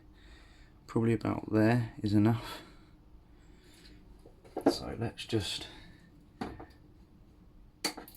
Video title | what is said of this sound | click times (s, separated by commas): TANAKA THT 210B Engine Service SECRETS REVEALED | daar gewoon kijken, we gaan kijken dat klikt daar nu in. | 7.8 s